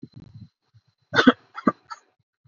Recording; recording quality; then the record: shallow voluntary cough; excellent, no background noise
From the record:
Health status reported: exposed to COVID-19, no respiratory illness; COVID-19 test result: negative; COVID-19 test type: RT-PCR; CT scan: not taken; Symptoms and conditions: cough, fever, loss of smell and taste, another respiratory illness, another condition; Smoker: yes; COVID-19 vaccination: both doses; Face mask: worn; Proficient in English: yes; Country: India